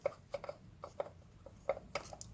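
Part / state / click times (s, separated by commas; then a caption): ignition distributor cap onto distributor body / not seated / none. An ignition distributor cap is put back on the distributor body and pushed toward its seat, giving a series of small, sharp knocks at about 0.1, 0.4, 1.0, 1.7, 2.0 and 2.2 seconds as it is worked into place. The cap has not seated or clicked yet.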